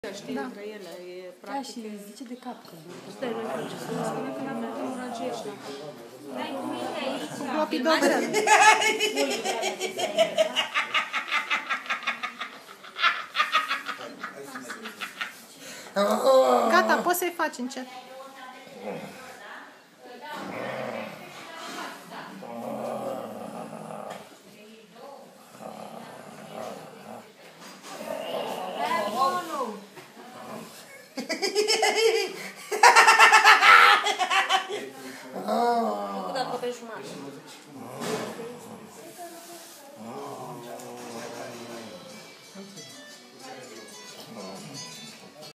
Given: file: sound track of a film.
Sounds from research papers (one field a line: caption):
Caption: Episode of pathological laughter that preceded transient ischemic attacks in the territory of the left carotid artery.